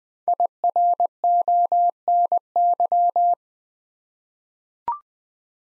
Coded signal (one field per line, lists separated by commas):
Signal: Morse code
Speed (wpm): 20 wpm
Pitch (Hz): 700 Hz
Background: none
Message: IRONY